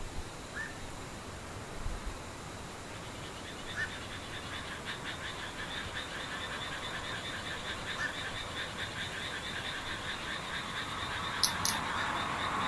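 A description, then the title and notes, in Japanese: A near-silent scene with insects in the distance: a soft steady hiss, then from about three seconds a faint, rapidly pulsing trill that carries on to the end. A few brief high chirps come at scattered moments, and a sharp click sounds near eleven seconds. 無音 遠くにムシ。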